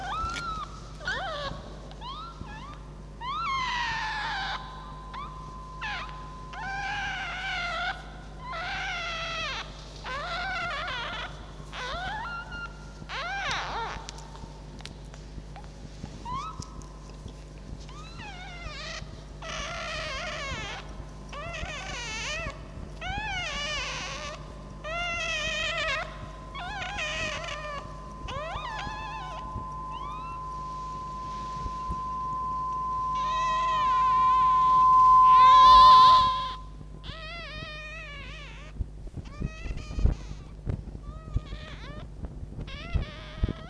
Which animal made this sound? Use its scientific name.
Vulpes vulpes